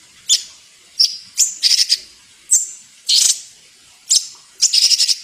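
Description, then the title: Bird song of isolated high chirps alternating with brief stuttering trills, irregularly spaced. Training song (masteran) for songbirds. "Suara masteran Burung"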